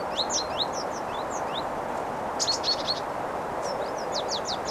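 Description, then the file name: Great tit calling with quick rising chirps repeated in short runs and a brief cluster of sharp ticks, set against a constant hissing background. "Parus major"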